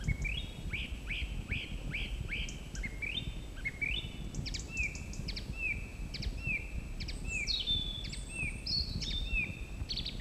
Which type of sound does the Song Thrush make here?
song